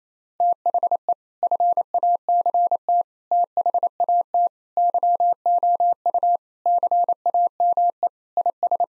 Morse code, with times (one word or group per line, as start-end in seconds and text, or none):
0.4-1.1 THE
1.4-3.0 FACT
3.3-4.5 THAT
4.8-6.4 YOU
6.7-8.1 CAME
8.4-8.8 IS